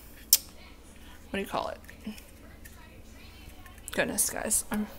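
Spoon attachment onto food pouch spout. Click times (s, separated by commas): 0.3 s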